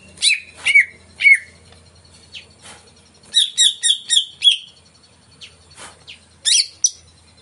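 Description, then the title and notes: Greater green leafbird song: three downslurred whistles, then a quick burst of five bright chirps, faint notes and two final sharp calls. Played as a lure to prompt a caged cucak ijo to sing; described as gacor, in full song. "Pancingan CUCAK IJO Mau Di Gantang. Cucak Ijo Gacor"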